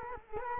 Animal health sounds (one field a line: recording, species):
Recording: mosquito wingbeat signal from an infrared sensor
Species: Culex quinquefasciatus